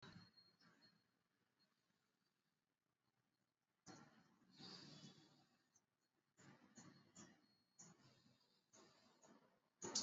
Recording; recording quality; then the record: shallow breathing; moderate, slight background noise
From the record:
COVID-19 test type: RT-PCR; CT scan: not taken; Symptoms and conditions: cough, cold, fever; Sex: male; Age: 53 years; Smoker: no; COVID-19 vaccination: both doses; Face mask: worn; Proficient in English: yes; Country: India